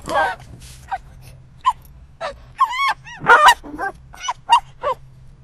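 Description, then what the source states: Dog making varied squealing yelps and breathy huffs, with a quick rising-falling whine near the middle and scattered sharp cries against a low hum. Dog described as laughing and screaming.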